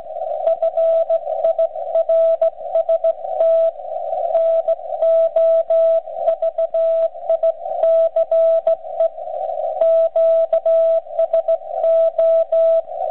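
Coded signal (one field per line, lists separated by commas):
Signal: Morse code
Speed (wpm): 15 wpm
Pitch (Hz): 660 Hz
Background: radio noise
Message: FIRST NOVICE QSO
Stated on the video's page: Ragchew on 80 m using straight keys and bugs, received on ICOM IC-746 Pro and recorded with an RCA pocket voice recorder.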